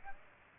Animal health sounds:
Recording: mosquito wingbeat signal from an infrared sensor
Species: Aedes aegypti

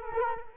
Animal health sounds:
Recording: mosquito wingbeat signal from an infrared sensor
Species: Culex quinquefasciatus

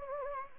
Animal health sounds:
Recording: mosquito wingbeat signal from an infrared sensor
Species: Anopheles gambiae

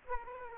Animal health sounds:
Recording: mosquito wingbeat signal from an infrared sensor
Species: Aedes aegypti

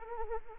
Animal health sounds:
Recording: mosquito wingbeat signal from an infrared sensor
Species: Anopheles arabiensis

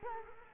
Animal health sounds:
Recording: mosquito wingbeat signal from an infrared sensor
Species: Culex quinquefasciatus

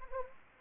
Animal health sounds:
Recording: mosquito wingbeat signal from an infrared sensor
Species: Anopheles arabiensis

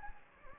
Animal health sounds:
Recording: mosquito wingbeat signal from an infrared sensor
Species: Anopheles gambiae

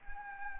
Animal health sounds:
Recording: mosquito wingbeat signal from an infrared sensor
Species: Anopheles arabiensis

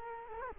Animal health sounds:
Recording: mosquito wingbeat signal from an infrared sensor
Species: Culex quinquefasciatus

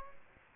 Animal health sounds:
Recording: mosquito wingbeat signal from an infrared sensor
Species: Aedes aegypti

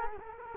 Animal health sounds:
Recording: mosquito wingbeat signal from an infrared sensor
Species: Culex quinquefasciatus

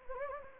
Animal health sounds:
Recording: mosquito wingbeat signal from an infrared sensor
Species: Anopheles gambiae

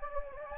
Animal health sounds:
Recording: mosquito wingbeat signal from an infrared sensor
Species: Anopheles gambiae

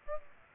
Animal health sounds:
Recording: mosquito wingbeat signal from an infrared sensor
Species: Aedes aegypti

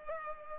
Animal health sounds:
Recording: mosquito wingbeat signal from an infrared sensor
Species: Culex pipiens

